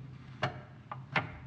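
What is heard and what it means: A shift cable is pulled sideways toward its mounting bracket on a 4L80 transmission, giving three short, sharp ticks at about 0.4, 0.9 and 1.2 seconds over a low steady hum. The cable has not snapped into the bracket yet, so nothing has seated or clicked home.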